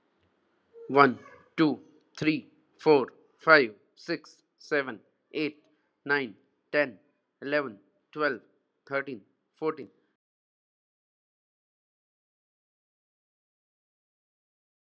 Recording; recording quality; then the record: counting at a normal pace; excellent, no background noise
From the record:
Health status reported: healthy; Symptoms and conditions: cough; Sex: male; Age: 40 years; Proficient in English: yes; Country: India